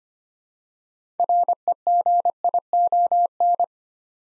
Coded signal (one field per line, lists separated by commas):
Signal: Morse code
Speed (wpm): 25 wpm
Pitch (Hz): 700 Hz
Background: none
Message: REGION